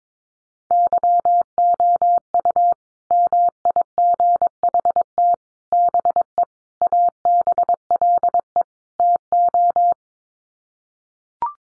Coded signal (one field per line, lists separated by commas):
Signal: Morse code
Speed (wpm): 22 wpm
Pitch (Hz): 700 Hz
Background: none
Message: YOU MIGHT BE ABLE TO